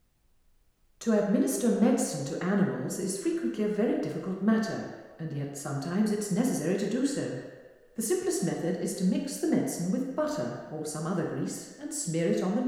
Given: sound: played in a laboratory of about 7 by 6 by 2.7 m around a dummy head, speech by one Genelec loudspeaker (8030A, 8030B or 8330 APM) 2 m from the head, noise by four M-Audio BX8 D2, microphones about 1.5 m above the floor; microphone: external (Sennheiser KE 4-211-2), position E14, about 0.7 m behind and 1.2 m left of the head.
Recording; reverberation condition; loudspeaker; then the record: female speech in English; high; 90 degrees to the left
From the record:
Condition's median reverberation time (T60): about 1300 ms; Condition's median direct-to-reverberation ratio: about -4.0 dB